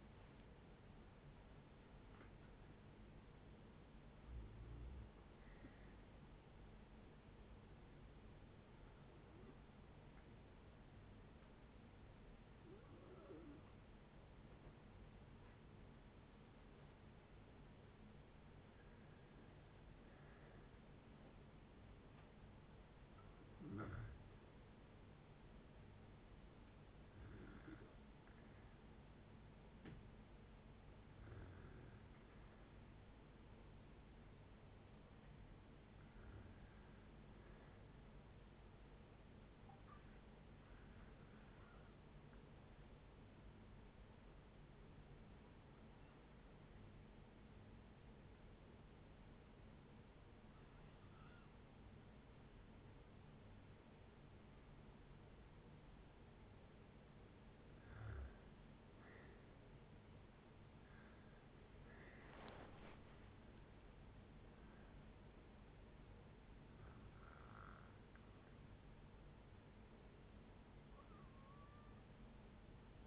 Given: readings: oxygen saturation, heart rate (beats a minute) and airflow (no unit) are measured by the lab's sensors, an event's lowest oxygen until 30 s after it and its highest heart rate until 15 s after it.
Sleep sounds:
breathing in sleep by a voice recorder at the bedside; 2
8.00-20.50 s: hypopnea (N1, oxygen 96% highest, then 94% lowest, heart rate 65 at the start, 65 highest)
20.00-50.00 s: new sleep stage, N2 (light sleep)
40.00-59.30 s: hypopnea (N2, oxygen 96% highest, then 84% lowest, heart rate 62 at the start, 76 highest)
50.00-73.07 s: new sleep stage, N1 (lightest sleep)
From the record:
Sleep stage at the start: N1 (lightest sleep); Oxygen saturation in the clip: 78 to 97%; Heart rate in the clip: 56 to 78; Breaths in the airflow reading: 17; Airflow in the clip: -11.7 to 12.5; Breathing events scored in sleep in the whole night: 496 in 5.4 hours asleep

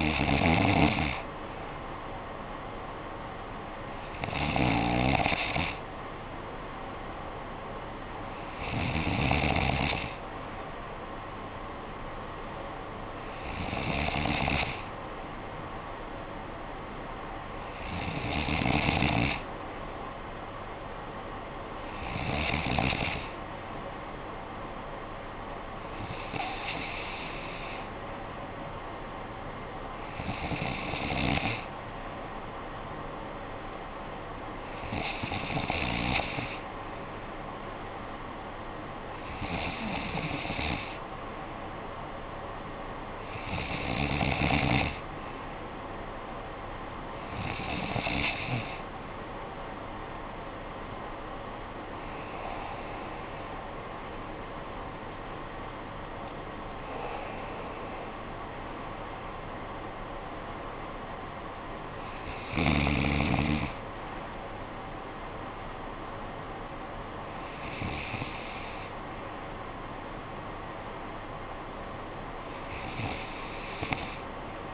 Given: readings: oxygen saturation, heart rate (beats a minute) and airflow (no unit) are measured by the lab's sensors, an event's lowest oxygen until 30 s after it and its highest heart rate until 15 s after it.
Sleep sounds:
breathing in sleep by a voice recorder at the bedside; none
3.00-74.74 s: new sleep stage, N2 (light sleep)
From the record:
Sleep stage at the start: N3 (deep sleep); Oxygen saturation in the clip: 93 to 96%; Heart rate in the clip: 55 to 66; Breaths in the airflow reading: 17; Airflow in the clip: -9.9 to 10.5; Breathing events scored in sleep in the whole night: 445 in 7.6 hours asleep

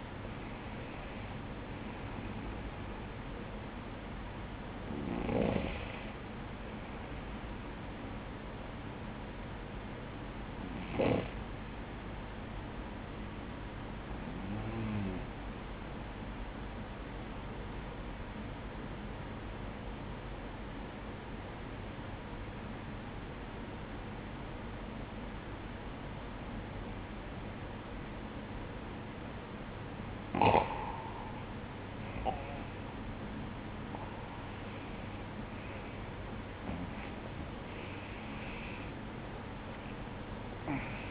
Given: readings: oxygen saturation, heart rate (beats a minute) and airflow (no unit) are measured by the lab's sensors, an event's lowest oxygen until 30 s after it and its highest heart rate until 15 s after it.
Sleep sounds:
breathing in sleep by a voice recorder at the bedside; 1
16.00-31.30 s: obstructive apnea (N1, oxygen 96% highest, then 93% lowest, heart rate 51 at the start, 64 highest)
From the record:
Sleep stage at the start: N1 (lightest sleep); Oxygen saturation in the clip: 94 to 96%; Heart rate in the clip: 47 to 61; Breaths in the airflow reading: 7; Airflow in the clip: -12.6 to 11.1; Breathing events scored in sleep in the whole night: 180 in 6.7 hours asleep

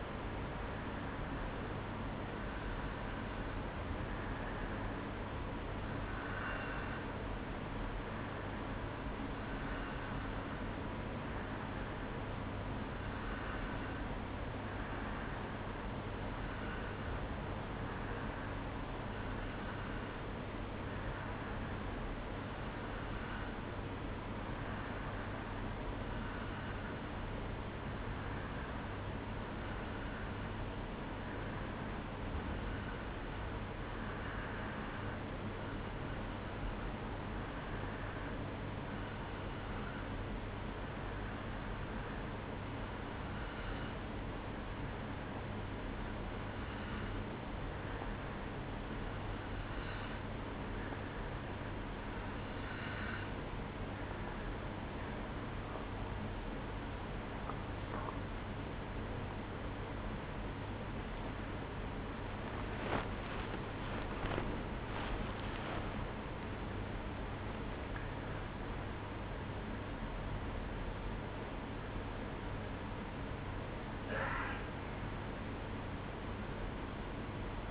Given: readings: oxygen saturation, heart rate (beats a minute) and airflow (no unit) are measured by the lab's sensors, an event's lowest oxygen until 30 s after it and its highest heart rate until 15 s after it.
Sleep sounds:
breathing in sleep by a voice recorder at the bedside; 1
23.00-54.10 s: hypopnea (N2, oxygen 94% highest, then 91% lowest, heart rate 63 at the start, 78 highest)
69.00-77.71 s: new sleep stage, awake
71.00-77.71 s: awake
From the record:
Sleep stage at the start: N2 (light sleep); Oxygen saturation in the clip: 91 to 94%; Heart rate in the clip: 59 to 78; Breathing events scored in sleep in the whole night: 305 in 9.6 hours asleep

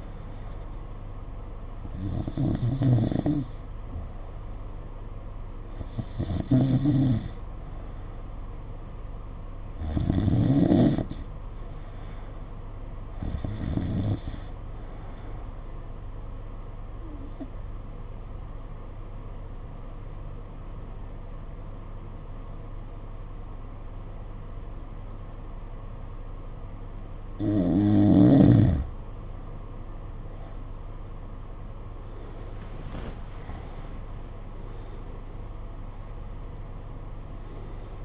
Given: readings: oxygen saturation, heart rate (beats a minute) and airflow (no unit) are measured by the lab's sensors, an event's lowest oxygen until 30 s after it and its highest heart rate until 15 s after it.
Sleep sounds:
breathing in sleep by a smartphone at the bedside; 1
17.00-29.80 s: obstructive apnea (N2, oxygen 92% highest, then 85% lowest, heart rate 57 at the start, 70 highest)
37.00-38.05 s: new sleep stage, N1 (lightest sleep)
From the record:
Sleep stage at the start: N2 (light sleep); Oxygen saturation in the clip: 89 to 92%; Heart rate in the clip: 54 to 69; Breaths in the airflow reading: 8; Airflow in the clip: -7.9 to 8.6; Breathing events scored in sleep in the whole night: 476 in 9.7 hours asleep

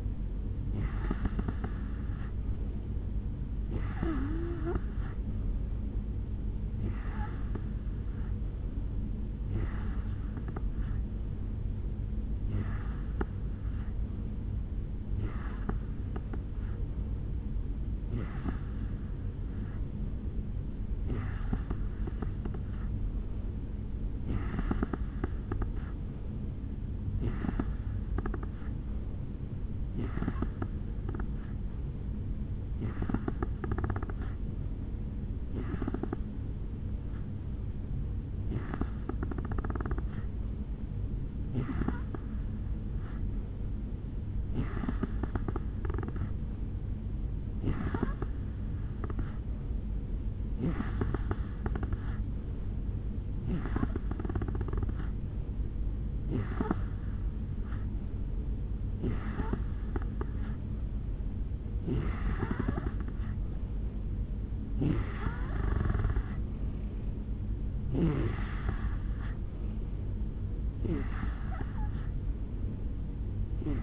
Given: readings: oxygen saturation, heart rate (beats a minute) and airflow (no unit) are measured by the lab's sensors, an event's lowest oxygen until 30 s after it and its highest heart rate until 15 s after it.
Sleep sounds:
breathing in sleep by a smartphone at the bedside; none
none scored
From the record:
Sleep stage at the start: N2 (light sleep); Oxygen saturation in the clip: 87 to 89%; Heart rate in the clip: 69 to 75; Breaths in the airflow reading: 25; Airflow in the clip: -4.6 to 3.1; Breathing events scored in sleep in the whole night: 449 in 7.0 hours asleep

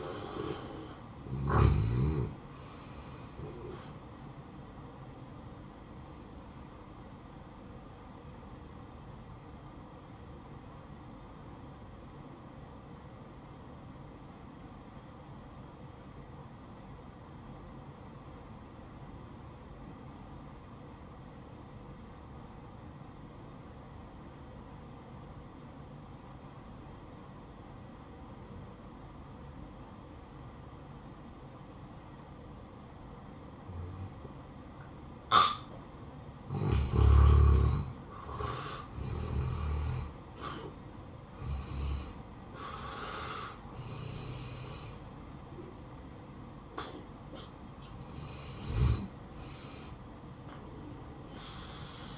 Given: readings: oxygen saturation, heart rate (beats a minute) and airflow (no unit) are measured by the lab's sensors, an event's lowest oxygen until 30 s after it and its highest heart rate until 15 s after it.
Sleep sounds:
breathing in sleep by a smartphone at the bedside; 1
8.00-38.80 s: hypopnea (N1, oxygen 94% highest, then 84% lowest, heart rate 59 at the start, 71 highest)
13.00-43.00 s: new sleep stage, N2 (light sleep)
43.00-52.18 s: new sleep stage, N1 (lightest sleep)
From the record:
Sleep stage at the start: N1 (lightest sleep); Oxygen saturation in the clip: 85 to 94%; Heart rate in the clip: 58 to 71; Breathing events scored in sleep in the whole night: 573 in 9.8 hours asleep

